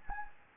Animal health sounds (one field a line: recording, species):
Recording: mosquito wingbeat signal from an infrared sensor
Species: Anopheles gambiae